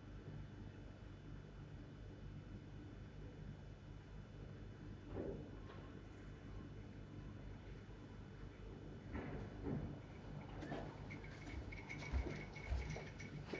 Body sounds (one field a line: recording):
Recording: background sound without coughing